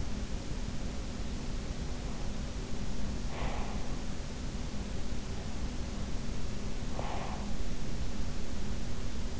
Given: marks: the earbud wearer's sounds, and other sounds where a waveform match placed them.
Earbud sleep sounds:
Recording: sounds in sleep by an in-ear microphone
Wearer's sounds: breath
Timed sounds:
3.05-4.04 s: breath
6.93-7.60 s: breath

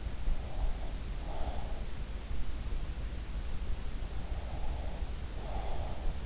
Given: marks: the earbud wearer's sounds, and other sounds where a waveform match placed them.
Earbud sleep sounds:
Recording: sounds in sleep by an in-ear microphone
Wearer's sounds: breath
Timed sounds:
0.48-1.93 s: breath
4.07-6.26 s: breath

